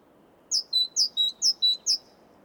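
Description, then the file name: Great tit song with three see-saw phrases and the start of a fourth, each a high note sliding down to a steady lower whistle, delivered at an even pace. "Parus major"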